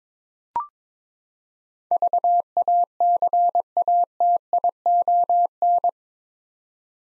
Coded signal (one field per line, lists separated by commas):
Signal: Morse code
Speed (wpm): 22 wpm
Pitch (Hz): 700 Hz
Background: none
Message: VACATION